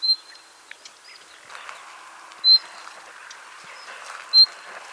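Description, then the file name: Common nightingale giving sharp, high whistles, three in five seconds, over a soft background hiss with faint ticks and chirps. "Luscinia megarhynchos"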